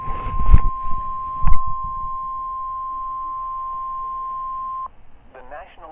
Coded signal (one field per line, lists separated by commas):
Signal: Emergency Alert System (SAME) tones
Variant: 1050 Hz attention tone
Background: speech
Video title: EAS compilation Severe weather alerts